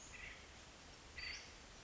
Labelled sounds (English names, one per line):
Western Flycatcher